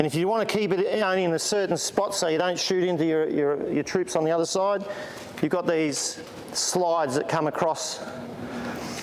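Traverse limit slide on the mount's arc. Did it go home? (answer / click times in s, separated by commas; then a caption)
no / none. A traverse limit slide on the arc of an MG34/MG42 gun mount is being handled, to be moved along the traverse arc and locked in place to fix the firing limit. Someone talks throughout, with no distinct clicks or impacts. Nothing has seated or locked yet by the end of the clip.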